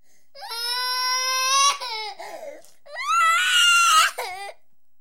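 Two long, high-pitched wailing cries with strong tonal voicing and a sobbing gasp between them, from a 4-year-old child crying.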